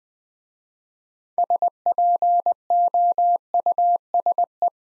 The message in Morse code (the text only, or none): SPOUSE